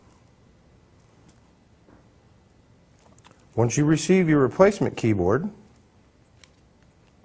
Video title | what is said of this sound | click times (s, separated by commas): huong dan thay ban phim dell 1310 | and pull back until you hear it snap then your keyboard comes free | 3.2 s